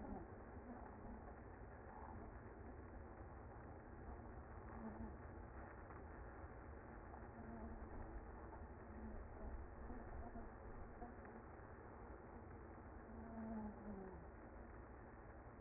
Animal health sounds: honeybee colony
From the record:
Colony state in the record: active

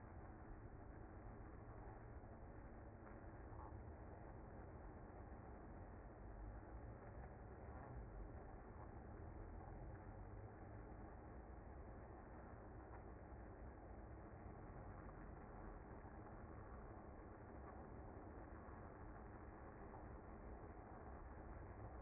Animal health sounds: honeybee colony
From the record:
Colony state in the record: active

